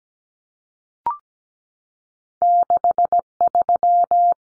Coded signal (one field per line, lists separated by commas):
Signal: Morse code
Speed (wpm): 17 wpm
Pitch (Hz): 700 Hz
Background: none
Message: 63